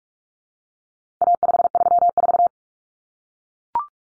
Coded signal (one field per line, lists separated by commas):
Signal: Morse code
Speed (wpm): 44 wpm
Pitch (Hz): 700 Hz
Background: none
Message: A534